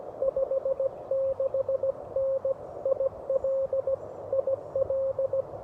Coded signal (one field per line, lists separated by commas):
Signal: Morse code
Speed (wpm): 17 wpm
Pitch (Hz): 540 Hz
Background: radio noise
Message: 56N IL IL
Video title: Morse Code with Parks On The Air, K-2755 William B. Umstead State Park (Subtitles)